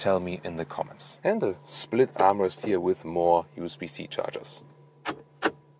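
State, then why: Seated. In the interior of a second-generation Mercedes-AMG GT 63, the padded lid of the split centre armrest, which sits over a plastic latch and USB-C chargers, is worked by hand while someone talks. A single sharp click at 5.5 s shows the lid latching into the centre console, praised as a nice clicking sound, though it is unclear whether the lid is being closed or opened.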